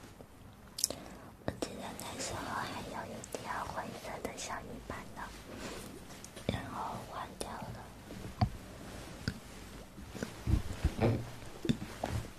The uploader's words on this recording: Mouth Sounds.